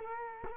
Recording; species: mosquito wingbeat signal from an infrared sensor; Culex quinquefasciatus